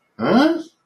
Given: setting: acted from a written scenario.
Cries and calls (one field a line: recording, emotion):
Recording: vocal sound without words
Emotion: confusion